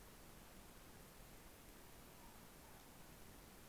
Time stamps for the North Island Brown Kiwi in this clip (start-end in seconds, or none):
none